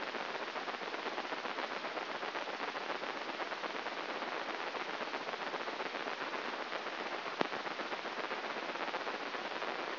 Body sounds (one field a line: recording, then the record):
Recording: brain microelectrode recording played as sound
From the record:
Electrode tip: inside the subthalamic nucleus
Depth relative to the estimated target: 1 mm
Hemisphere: right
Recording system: AlphaMap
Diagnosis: Parkinson's disease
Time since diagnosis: 12 years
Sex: male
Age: 57 years